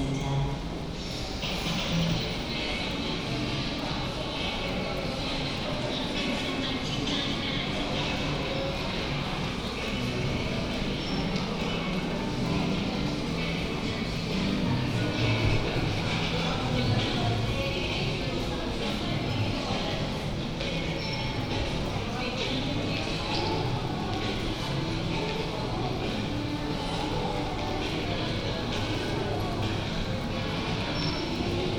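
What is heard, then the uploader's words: Walking through Clarendon Centre, a dense, steady wash of crowd chatter and footsteps fills the whole stretch without pause. Voices overlap into an even murmur, with a low rumble of traffic underneath and occasional brief bright clinks standing out. Walking through Clarendon Centre. From Queen Street to Cornmarket Street, in the middle.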